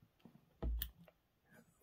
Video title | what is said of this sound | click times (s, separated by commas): Unimat SL Collet Adapter (fail) | a good firm push they snap into place there we go | 0.8 s